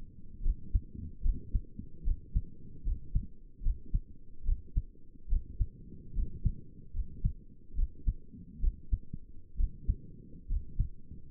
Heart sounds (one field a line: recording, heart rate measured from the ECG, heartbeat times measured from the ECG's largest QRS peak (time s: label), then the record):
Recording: heart sounds by stethoscope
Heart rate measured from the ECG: 72 bpm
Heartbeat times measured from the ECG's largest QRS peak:
0.44 s: heartbeat
1.24 s: heartbeat
2.05 s: heartbeat
2.85 s: heartbeat
3.64 s: heartbeat
4.46 s: heartbeat
5.30 s: heartbeat
6.16 s: heartbeat
6.95 s: heartbeat
7.77 s: heartbeat
8.62 s: heartbeat
9.58 s: heartbeat
10.49 s: heartbeat
From the record:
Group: healthy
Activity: rest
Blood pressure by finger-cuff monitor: 86/60 mmHg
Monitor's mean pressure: 71 mmHg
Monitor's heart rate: 73 bpm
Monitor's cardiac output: 6.4 L/min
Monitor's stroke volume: 87 mL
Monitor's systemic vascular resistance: 780 dyn s/cm5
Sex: male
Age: 22 years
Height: 181 cm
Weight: 79 kg